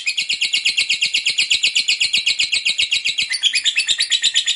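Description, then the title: Lovebird chatter, rapid and shrill: evenly repeated scratchy notes, shifting to a higher, rougher tone after about three seconds. Long 'ngekek' chatter, bird described as gacor (vocalizing actively). "LOVEBIRD NGEKEK PANJANG GACOR"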